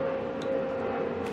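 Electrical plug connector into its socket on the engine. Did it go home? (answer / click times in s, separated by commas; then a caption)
no / none. An electrical plug connector is pushed into its socket on the engine of a 2016 BMW R1200RS motorcycle while the wire is routed during a valve clearance check. A steady hum with a faint tone runs throughout, with only soft brief rustles near 0.4 s and 1.3 s. Nothing clicks; the connector just slides in without clicking.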